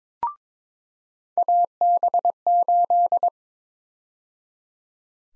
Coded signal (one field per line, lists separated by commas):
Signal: Morse code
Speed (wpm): 22 wpm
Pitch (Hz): 700 Hz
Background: none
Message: AB8